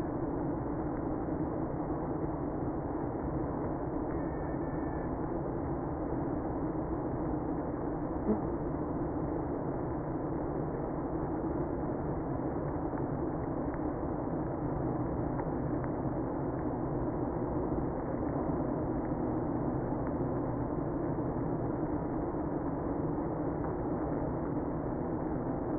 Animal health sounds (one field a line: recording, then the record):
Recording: honeybee colony, microphone inside the hive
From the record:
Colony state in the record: queenless (queen removed)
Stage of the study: after two queens were removed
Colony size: about 60,000 bees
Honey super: yes